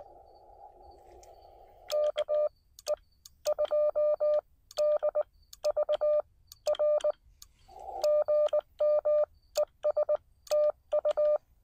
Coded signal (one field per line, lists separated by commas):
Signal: Morse code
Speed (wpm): 19 wpm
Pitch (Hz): 600 Hz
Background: none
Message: KE2DVR GM ES TU